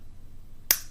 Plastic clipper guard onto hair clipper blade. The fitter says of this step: make sure it clicks because if not guys it's gonna fly off